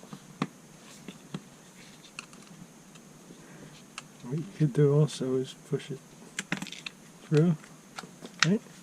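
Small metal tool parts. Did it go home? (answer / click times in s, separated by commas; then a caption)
no / none. Quick-release chuck parts, made of metal, are pushed onto the anvil of a Dewalt DCF887 cordless impact driver during reassembly of the chuck. Light clicks and taps of handling are heard, the sharpest near 0.4, 2.2, 4.0 and 6.5 seconds, while someone talks. Nothing has seated or snapped into place yet.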